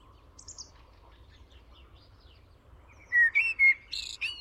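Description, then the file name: Common blackbird giving a short phrase of rich whistled notes followed by a thin, high squeaky flourish, after a few seconds of faint background twittering. "Turdus merula"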